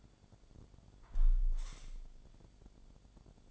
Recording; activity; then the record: daily activity, microphone in the room; close window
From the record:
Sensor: 5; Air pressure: 1006.6 hPa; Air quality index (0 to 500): 189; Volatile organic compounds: 5 ppm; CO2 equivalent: 1800 ppm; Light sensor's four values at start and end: 57/162/63/64 and 57/162/63/64